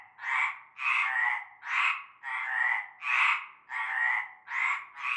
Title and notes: Avenue Cante Coucou, Groupède, La Ciotat, Marseille, Bouches-du-Rhône, Provence-Alpes-Côte d'Azur, France métropolitaine, 13600, France - cœur de grenouilles. Une grande vasque en béton, un fond d'eau verdâtre croupissant. et un cœur de grenouilles dès la nuit tombée